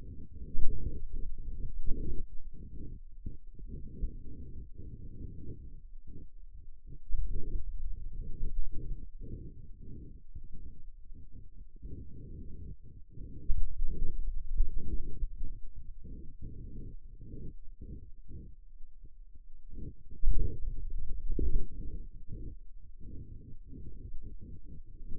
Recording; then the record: forearm muscle sounds (acoustic myography)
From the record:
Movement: finger pinch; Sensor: system 2, bracelet of six BSWA MPA416 microphones around the upper forearm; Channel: 6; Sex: male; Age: 22 years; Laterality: right